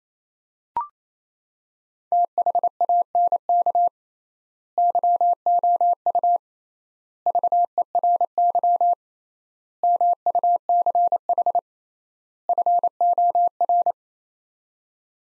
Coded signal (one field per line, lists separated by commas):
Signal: Morse code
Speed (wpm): 27 wpm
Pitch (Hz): 700 Hz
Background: none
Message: THANK YOU VERY MUCH FOR